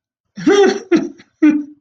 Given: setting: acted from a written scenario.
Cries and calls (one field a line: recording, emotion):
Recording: vocal sound without words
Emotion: sadness